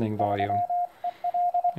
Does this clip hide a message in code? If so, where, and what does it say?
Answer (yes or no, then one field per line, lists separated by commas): yes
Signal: Morse code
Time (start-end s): 0.2-1.7 s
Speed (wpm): 23 wpm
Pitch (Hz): 710 Hz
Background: speech, radio noise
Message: 3EL